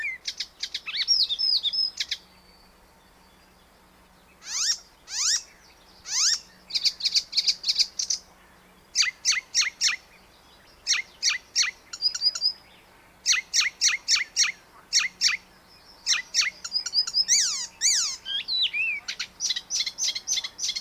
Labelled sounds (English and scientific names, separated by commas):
Icterine Warbler (Hippolais icterina) song